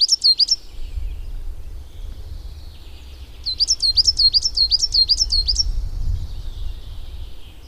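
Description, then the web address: Coal tit song: short bursts of rapid, high two-note phrases over a low background rumble, with a long gap between bursts. "agykontroll Madardalok Cd 1. Fenyves cinege"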